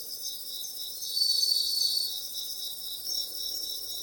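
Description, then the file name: Bell cricket song, a sustained high pulsing trill, louder around the middle. Recorded 30 August 2017. "20170830 suzumushi"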